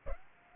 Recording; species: mosquito wingbeat signal from an infrared sensor; Aedes aegypti